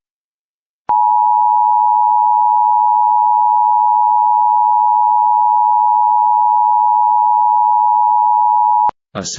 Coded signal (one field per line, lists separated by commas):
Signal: Emergency Alert System (SAME) tones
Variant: 853 and 960 Hz attention tone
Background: speech